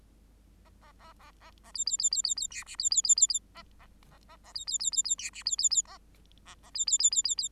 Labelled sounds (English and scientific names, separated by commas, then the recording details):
Bengalese Finch (Lonchura striata domestica) song
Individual Bird8